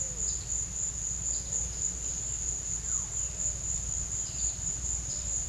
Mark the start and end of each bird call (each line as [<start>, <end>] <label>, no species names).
[0.26, 0.59] bird call
[1.26, 2.24] bird call
[2.84, 3.15] bird call
[4.20, 4.65] bird call
[5.09, 5.36] bird call